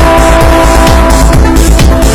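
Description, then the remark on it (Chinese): A powerful sports car engine roars loudly with a deep rumble, surging in quick repeated revs, while a steady high tire squeal whines over it throughout. “这是成功最美的声音，因为1033。”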